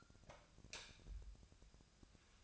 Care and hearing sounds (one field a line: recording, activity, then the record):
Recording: daily activity, microphone in the room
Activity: light off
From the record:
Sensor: 2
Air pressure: 999.9 hPa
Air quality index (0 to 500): 117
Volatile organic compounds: 2 ppm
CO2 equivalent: 1009 ppm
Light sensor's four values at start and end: 34/89/37/41 and 31/78/33/37